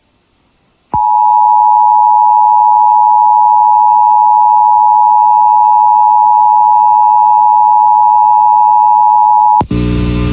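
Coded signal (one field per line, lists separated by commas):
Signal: Emergency Alert System (SAME) tones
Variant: 853 and 960 Hz attention tone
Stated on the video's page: Required Monthly Test on an FM station, received and recorded with an SDR.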